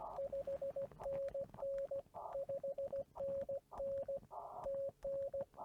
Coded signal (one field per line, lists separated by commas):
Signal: Morse code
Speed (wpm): 19 wpm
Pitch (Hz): 560 Hz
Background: radio noise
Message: 5NN 5NN TN